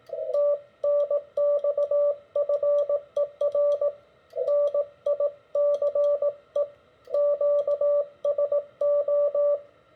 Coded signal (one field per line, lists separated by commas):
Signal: Morse code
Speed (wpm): 18 wpm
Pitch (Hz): 580 Hz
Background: radio noise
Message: TNX FER NICE QSO